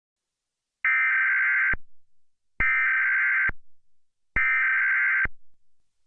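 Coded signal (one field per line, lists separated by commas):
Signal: Emergency Alert System (SAME) tones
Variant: header bursts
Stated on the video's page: Fictional, simulated alert tones for a made-up attack scenario on Seattle, not a real alert.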